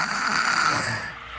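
A single loud, harsh, rasping snore that holds steady for about a second, then fades and thins out at the end. It comes from a child.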